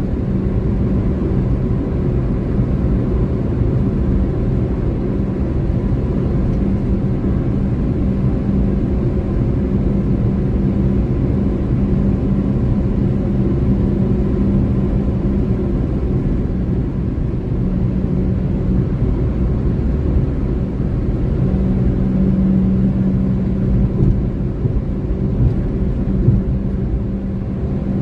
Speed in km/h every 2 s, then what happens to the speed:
148, 149, 150, 151, 151, 151, 151, 150, 143, 145, 146, 148, 149, 151.
0-28 steady at about 149.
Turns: none.